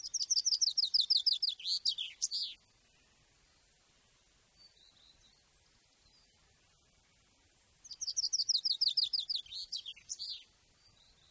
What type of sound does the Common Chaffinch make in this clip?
song